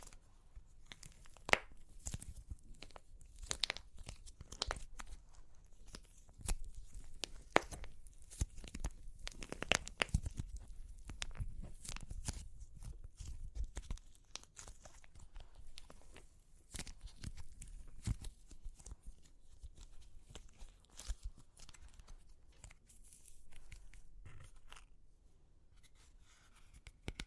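Dry clay cracks and crunches in dense, irregular bursts of sharp snaps and crackles for the whole half minute. The sounds are bright and gritty with a low thump underneath, busiest around the first ten seconds, then continuing in scattered clusters.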